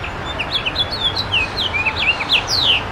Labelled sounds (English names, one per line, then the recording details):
House Finch song
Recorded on Long Island, New York, on 9 June 2012
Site EF
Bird A